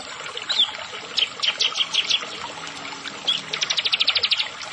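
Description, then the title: Prinia song: scattered high chirps, then a rapid, even series of clipped notes ending in a short trill, over constant hiss. "Ciblek Sawah"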